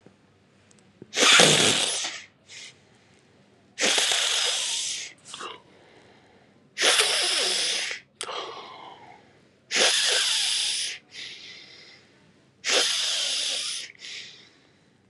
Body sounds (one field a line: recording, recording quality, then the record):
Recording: deep breathing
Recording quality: excellent, no background noise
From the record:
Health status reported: recovered from COVID-19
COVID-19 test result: positive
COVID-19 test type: RT-PCR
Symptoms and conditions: diabetes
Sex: male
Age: 56 years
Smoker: yes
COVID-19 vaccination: both doses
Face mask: worn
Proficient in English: yes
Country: India